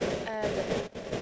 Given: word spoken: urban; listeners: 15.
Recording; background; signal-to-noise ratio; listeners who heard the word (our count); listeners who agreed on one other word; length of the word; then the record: one English word in noise, from a listening test; noise modulated by three-talker babble; -4.3 dB; 6 of 15; 8 of 15; 0.82 s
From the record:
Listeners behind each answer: 8, 6, 1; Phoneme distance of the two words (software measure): 27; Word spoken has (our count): 2 syllables, 4 phonemes, stress on syllable 1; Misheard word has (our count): 2 syllables, 3 phonemes, stress on syllable 1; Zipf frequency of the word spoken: 4.12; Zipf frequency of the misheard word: 5.32